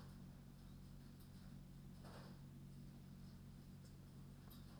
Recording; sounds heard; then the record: poultry house recording; no chicken sound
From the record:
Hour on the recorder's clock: 22